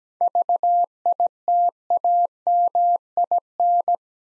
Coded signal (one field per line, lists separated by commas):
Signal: Morse code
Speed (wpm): 17 wpm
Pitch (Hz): 700 Hz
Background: none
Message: VITAMIN